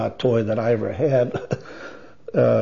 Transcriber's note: laughs